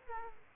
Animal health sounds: mosquito wingbeat signal from an infrared sensor; Aedes aegypti

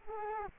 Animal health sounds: mosquito wingbeat signal from an infrared sensor; Culex quinquefasciatus

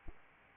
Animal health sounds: mosquito wingbeat signal from an infrared sensor; Anopheles arabiensis

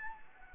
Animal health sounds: mosquito wingbeat signal from an infrared sensor; Anopheles gambiae

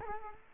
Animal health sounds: mosquito wingbeat signal from an infrared sensor; Culex quinquefasciatus

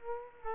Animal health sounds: mosquito wingbeat signal from an infrared sensor; Culex quinquefasciatus

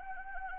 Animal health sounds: mosquito wingbeat signal from an infrared sensor; Anopheles arabiensis

